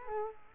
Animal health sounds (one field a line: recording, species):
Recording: mosquito wingbeat signal from an infrared sensor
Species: Culex quinquefasciatus